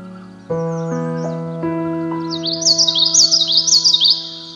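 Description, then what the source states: Common yellowthroat song of fast, rolling repeated phrases enters after a few soft piano notes, which keep ringing beneath it. Song set to piano music.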